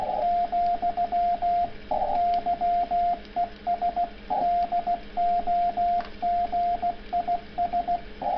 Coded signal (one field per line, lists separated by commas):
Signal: Morse code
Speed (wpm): 16 wpm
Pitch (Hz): 690 Hz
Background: radio noise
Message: , YES DOG IS